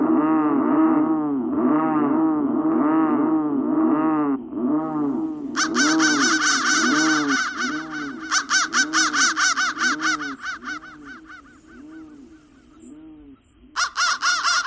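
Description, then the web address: Crow calls: deep, hoarse arched calls repeated slowly, then bursts of rapid, high, harsh caws overlapping them, ending with a brief final burst. "soundfactory crow"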